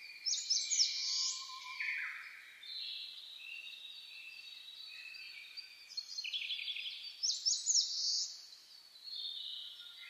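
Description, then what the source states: Dawn chorus of birds: sharp trilled phrases open and return later, with softer high twittering and a brief low whistle between. Dawn chorus (reimei) recorded 10 May 2010.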